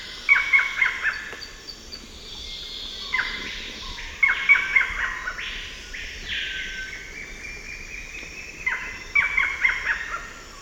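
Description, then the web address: Barred forest falcon song: short clipped notes in quick groups, repeated several times, with other buzzy sounds between the groups. Five-noted song; eastern lowlands of South America. "Natures Songs S America Eastern Lowlands. Micrastur ruficollis, 5-noted song"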